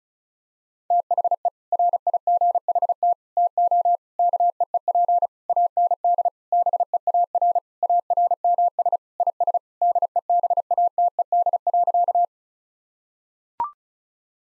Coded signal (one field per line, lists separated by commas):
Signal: Morse code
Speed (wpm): 36 wpm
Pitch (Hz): 700 Hz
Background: none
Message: THE RIGHT TO KEEP AND BEAR ARMS IS DEBATED.